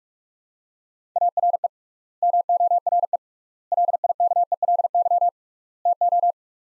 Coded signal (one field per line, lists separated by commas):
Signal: Morse code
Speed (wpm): 46 wpm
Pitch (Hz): 700 Hz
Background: none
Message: ARE MORE LIKELY TO